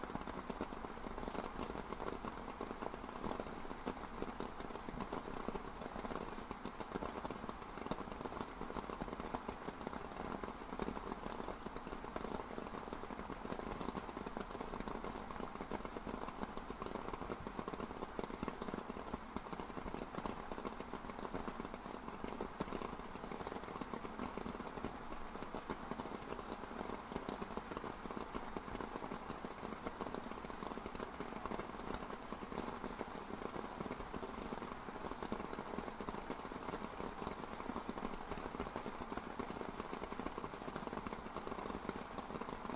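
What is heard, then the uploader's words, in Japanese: Rain patters steadily on rain gear, a dense, even rush of countless small drops with no pauses. The sound stays constant in level throughout, with a bright, crackling top over a softer low hiss. 雨具にあたる雨の音。ホワイトノイズよりの音となります。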